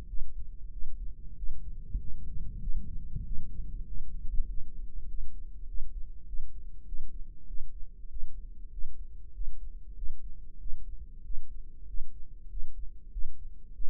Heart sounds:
heart sounds by microphone in the right ear; 97 bpm
0.09 s: heartbeat
0.74 s: heartbeat
1.38 s: heartbeat
2.01 s: heartbeat
2.63 s: heartbeat
3.26 s: heartbeat
3.88 s: heartbeat
4.49 s: heartbeat
5.09 s: heartbeat
5.68 s: heartbeat
6.28 s: heartbeat
6.88 s: heartbeat
7.49 s: heartbeat
8.11 s: heartbeat
8.73 s: heartbeat
9.35 s: heartbeat
9.97 s: heartbeat
10.61 s: heartbeat
11.25 s: heartbeat
11.88 s: heartbeat
12.51 s: heartbeat
13.13 s: heartbeat
13.75 s: heartbeat
From the record:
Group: healthy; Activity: rest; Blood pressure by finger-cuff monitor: 165/77 mmHg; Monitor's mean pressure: 98 mmHg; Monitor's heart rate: 96 bpm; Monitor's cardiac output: 8.6 L/min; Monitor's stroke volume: 91 mL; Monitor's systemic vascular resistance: 840 dyn s/cm5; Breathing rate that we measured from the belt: 17 breaths a minute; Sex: male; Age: 21 years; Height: 175 cm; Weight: 72.6 kg

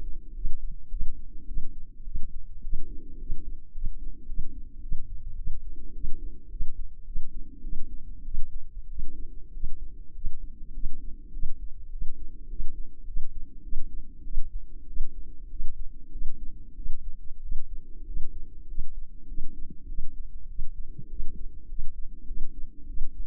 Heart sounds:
heart sounds by microphone in the left ear; 101 bpm
0.35 s: heartbeat
0.90 s: heartbeat
1.47 s: heartbeat
2.05 s: heartbeat
2.63 s: heartbeat
3.19 s: heartbeat
3.73 s: heartbeat
4.27 s: heartbeat
4.81 s: heartbeat
5.36 s: heartbeat
5.93 s: heartbeat
6.50 s: heartbeat
7.05 s: heartbeat
7.62 s: heartbeat
8.24 s: heartbeat
8.88 s: heartbeat
9.53 s: heartbeat
10.14 s: heartbeat
10.73 s: heartbeat
11.32 s: heartbeat
11.91 s: heartbeat
12.49 s: heartbeat
13.06 s: heartbeat
13.62 s: heartbeat
14.23 s: heartbeat
14.86 s: heartbeat
15.49 s: heartbeat
16.11 s: heartbeat
16.75 s: heartbeat
17.41 s: heartbeat
18.05 s: heartbeat
18.67 s: heartbeat
19.27 s: heartbeat
19.87 s: heartbeat
20.48 s: heartbeat
21.09 s: heartbeat
21.68 s: heartbeat
22.26 s: heartbeat
22.87 s: heartbeat
From the record:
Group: healthy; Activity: rest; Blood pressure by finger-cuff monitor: 137/68 mmHg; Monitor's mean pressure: 90 mmHg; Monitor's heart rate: 104 bpm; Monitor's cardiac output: 9.7 L/min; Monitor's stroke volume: 92 mL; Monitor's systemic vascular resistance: 680 dyn s/cm5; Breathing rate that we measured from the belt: 19 breaths a minute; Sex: female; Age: 24 years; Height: 163 cm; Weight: 55.7 kg

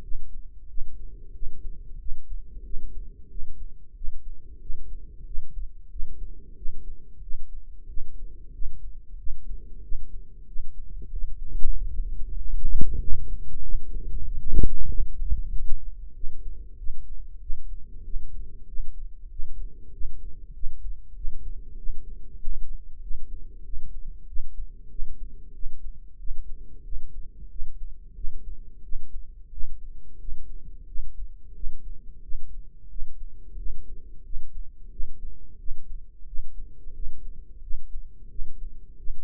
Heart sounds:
heart sounds by microphone in the right ear; 92 bpm
0.03 s: heartbeat
0.69 s: heartbeat
1.34 s: heartbeat
2.00 s: heartbeat
2.65 s: heartbeat
3.30 s: heartbeat
3.96 s: heartbeat
4.61 s: heartbeat
5.26 s: heartbeat
5.91 s: heartbeat
6.57 s: heartbeat
7.22 s: heartbeat
7.88 s: heartbeat
8.53 s: heartbeat
9.18 s: heartbeat
9.83 s: heartbeat
10.47 s: heartbeat
11.12 s: heartbeat
11.75 s: heartbeat
12.37 s: heartbeat
13.00 s: heartbeat
13.63 s: heartbeat
14.26 s: heartbeat
14.89 s: heartbeat
15.52 s: heartbeat
16.15 s: heartbeat
16.78 s: heartbeat
17.41 s: heartbeat
18.05 s: heartbeat
18.68 s: heartbeat
19.31 s: heartbeat
19.93 s: heartbeat
20.54 s: heartbeat
21.16 s: heartbeat
21.77 s: heartbeat
22.39 s: heartbeat
23.02 s: heartbeat
23.64 s: heartbeat
24.27 s: heartbeat
24.90 s: heartbeat
25.54 s: heartbeat
26.18 s: heartbeat
26.84 s: heartbeat
27.50 s: heartbeat
28.15 s: heartbeat
28.83 s: heartbeat
29.51 s: heartbeat
30.19 s: heartbeat
30.87 s: heartbeat
31.55 s: heartbeat
32.22 s: heartbeat
32.90 s: heartbeat
33.57 s: heartbeat
34.24 s: heartbeat
34.91 s: heartbeat
35.59 s: heartbeat
36.26 s: heartbeat
36.94 s: heartbeat
37.62 s: heartbeat
38.30 s: heartbeat
38.98 s: heartbeat
From the record:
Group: healthy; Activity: rest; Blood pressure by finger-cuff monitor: 114/62 mmHg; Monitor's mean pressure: 78 mmHg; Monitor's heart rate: 92 bpm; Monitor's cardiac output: 7.2 L/min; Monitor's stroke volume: 78 mL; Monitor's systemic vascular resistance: 790 dyn s/cm5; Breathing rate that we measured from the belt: 17 breaths a minute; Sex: female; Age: 43 years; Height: 160 cm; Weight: 90 kg

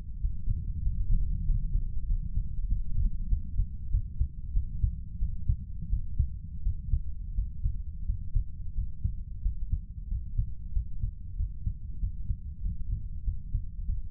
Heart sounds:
heart sounds by stethoscope; 92 bpm
0.19 s: heartbeat
0.81 s: heartbeat
1.43 s: heartbeat
2.05 s: heartbeat
2.66 s: heartbeat
3.27 s: heartbeat
3.89 s: heartbeat
4.51 s: heartbeat
5.17 s: heartbeat
5.87 s: heartbeat
6.61 s: heartbeat
7.32 s: heartbeat
8.03 s: heartbeat
8.72 s: heartbeat
9.40 s: heartbeat
10.06 s: heartbeat
10.71 s: heartbeat
11.34 s: heartbeat
11.98 s: heartbeat
12.60 s: heartbeat
13.22 s: heartbeat
13.83 s: heartbeat
From the record:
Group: healthy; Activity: Valsalva maneuver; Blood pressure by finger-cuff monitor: 113/78 mmHg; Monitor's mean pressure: 87 mmHg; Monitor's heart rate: 94 bpm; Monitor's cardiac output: 6.5 L/min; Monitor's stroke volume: 69 mL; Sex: female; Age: 32 years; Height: 172 cm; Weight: 71.7 kg

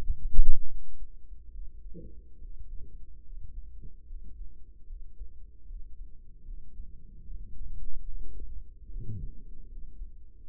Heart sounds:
heart sounds by microphone in the right ear; 74 bpm
0.67 s: heartbeat
1.51 s: heartbeat
2.39 s: heartbeat
3.23 s: heartbeat
4.05 s: heartbeat
4.85 s: heartbeat
5.66 s: heartbeat
6.44 s: heartbeat
7.25 s: heartbeat
8.05 s: heartbeat
8.88 s: heartbeat
9.67 s: heartbeat
10.44 s: heartbeat
From the record:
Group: healthy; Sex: male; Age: 35 years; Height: 178 cm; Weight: 64 kg

